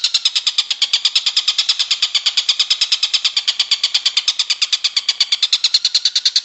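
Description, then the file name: Stork-billed kingfisher uttering rapid, grating notes in an even, continuous series with no other sounds. "tengkek buto om andri"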